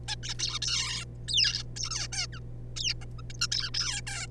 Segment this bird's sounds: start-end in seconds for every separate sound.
0.08-0.15, 0.23-0.34, 0.39-0.59, 0.62-1.04, 1.28-1.63, 1.77-1.89, 1.91-2.08, 2.12-2.27, 2.33-2.39, 2.77-2.93, 3.01-3.05, 3.18-3.21, 3.30-3.33, 3.34-3.37, 3.41-3.48, 3.52-3.70, 3.74-4.01, 4.07-4.26